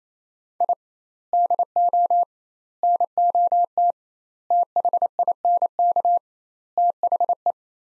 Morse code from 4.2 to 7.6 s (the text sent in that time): THINK THE